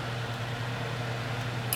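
A small screw is turned backwards with a screwdriver in the plastic rear differential housing of an HBX Dune Thunder 12891 RC car, during a rear metal axle upgrade (part 12711C). A steady broadband hum fills the clip until a sharp, faint click at 1.7 s, when the screw thread drops into its start and is seated, ready for tightening.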